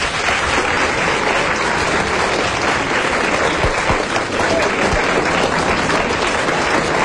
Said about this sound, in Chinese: 大家给点掌声。